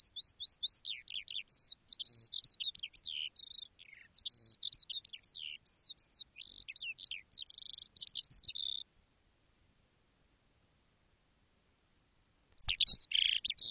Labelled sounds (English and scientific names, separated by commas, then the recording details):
Eurasian Skylark (Alauda arvensis)
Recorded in the wild
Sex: male
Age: adult
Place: Erlangen, OT Schallershof, Bayern, DE
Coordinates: 49.5792, 10.9736
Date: 1962-05-13
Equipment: Stellavox SM 5, Vorverstärker, Original, Vollspur
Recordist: Tretzel, Erwin